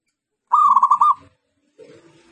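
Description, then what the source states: Zebra dove cooing song: a quick run of beaded, pulsed notes, then a softer, lower, drawn-out sound after a short pause. Local zebra dove singing actively, recorded as a training recording for other birds.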